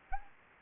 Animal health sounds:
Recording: mosquito wingbeat signal from an infrared sensor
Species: Anopheles gambiae

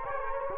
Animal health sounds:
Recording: mosquito wingbeat signal from an infrared sensor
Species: Culex quinquefasciatus

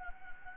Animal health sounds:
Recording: mosquito wingbeat signal from an infrared sensor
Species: Anopheles gambiae

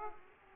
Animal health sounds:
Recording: mosquito wingbeat signal from an infrared sensor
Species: Aedes aegypti

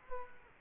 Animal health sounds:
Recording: mosquito wingbeat signal from an infrared sensor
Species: Culex quinquefasciatus

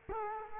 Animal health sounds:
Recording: mosquito wingbeat signal from an infrared sensor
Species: Culex quinquefasciatus

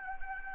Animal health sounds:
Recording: mosquito wingbeat signal from an infrared sensor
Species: Anopheles arabiensis

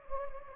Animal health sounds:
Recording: mosquito wingbeat signal from an infrared sensor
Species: Anopheles gambiae

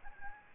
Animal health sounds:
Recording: mosquito wingbeat signal from an infrared sensor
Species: Aedes aegypti

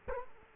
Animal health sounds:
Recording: mosquito wingbeat signal from an infrared sensor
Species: Culex quinquefasciatus

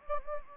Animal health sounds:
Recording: mosquito wingbeat signal from an infrared sensor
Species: Anopheles gambiae

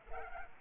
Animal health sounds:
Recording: mosquito wingbeat signal from an infrared sensor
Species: Culex pipiens

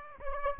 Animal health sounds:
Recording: mosquito wingbeat signal from an infrared sensor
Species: Aedes aegypti

